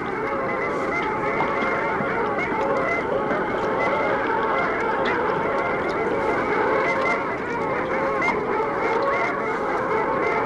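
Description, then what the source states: Long-tailed Ducks calling in a flock, a dense continuous babble of nasal yodelling calls overlapping throughout. Flock in the middle of the sea in the Gulf of Finland, around late April before continuing migration; the species calls its own name, alli.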